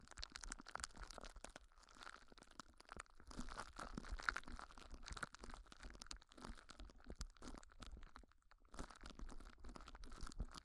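Ear exploration ASMR with dense, continuous crackly crunching and crinkling, quick bright clicks throughout, briefly thinning near two and nine seconds.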